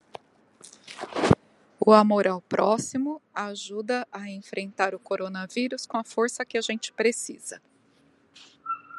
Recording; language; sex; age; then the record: spoken sentence; Brazilian Portuguese; female; 50 to 59 years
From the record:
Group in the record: control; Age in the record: 55 years